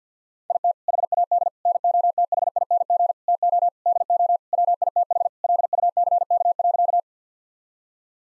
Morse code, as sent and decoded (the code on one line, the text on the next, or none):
.. - / .... .- -.. / -. --- - .... .. -. --. / - --- / -.. --- / .-- .. - .... / .-.. ..- -.-. -.- .-.-.-
IT HAD NOTHING TO DO WITH LUCK.